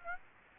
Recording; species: mosquito wingbeat signal from an infrared sensor; Aedes aegypti